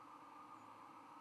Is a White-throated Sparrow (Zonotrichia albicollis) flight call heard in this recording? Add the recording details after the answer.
yes. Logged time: 02:14 on 13 November 2014